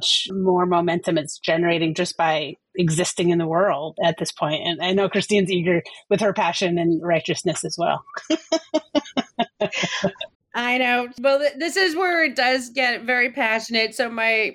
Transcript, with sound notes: and how much more momentum it’s generating just by existing in the world at this point. And I know Christine’s eager with her passion and righteousness as well. (laughs).
I know. Well, this is where it does get very passionate.